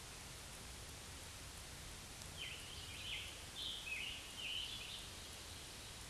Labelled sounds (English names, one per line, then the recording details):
Scarlet Tanager song
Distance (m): 45 m
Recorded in a Pennsylvania forest on 1 June 2023 at 08:09
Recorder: AudioMoth, point grid3_31_low
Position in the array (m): 165 m, 141 m